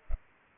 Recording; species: mosquito wingbeat signal from an infrared sensor; Culex pipiens